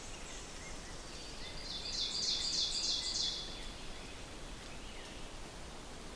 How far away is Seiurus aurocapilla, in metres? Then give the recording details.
about 45 m. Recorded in boreal forest in Alberta, Canada, on 6 June 2016 at 08:20. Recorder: SongMeter 3, array SBT-3-51. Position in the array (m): 218 m, 9 m. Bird 27